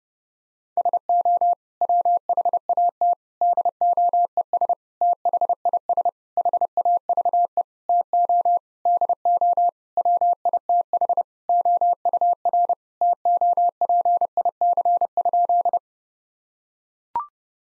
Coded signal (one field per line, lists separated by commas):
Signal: Morse code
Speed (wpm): 32 wpm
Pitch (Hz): 700 Hz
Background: none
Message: SO WHAT DOES THIS HAVE TO DO WITH OUR TOPIC?